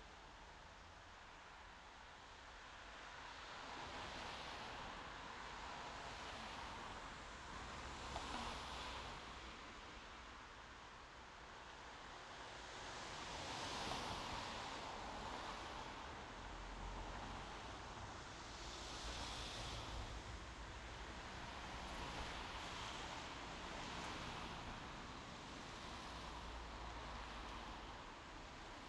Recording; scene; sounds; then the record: everyday scene through a hearing-aid microphone; in traffic; traffic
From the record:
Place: main road on the outskirts, rush hour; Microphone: in the ear canal, left